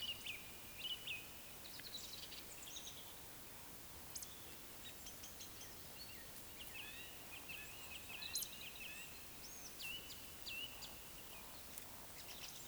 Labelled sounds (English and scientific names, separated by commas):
Eurasian Woodcock (Scolopax rusticola) whistle, Eurasian Woodcock (Scolopax rusticola) croak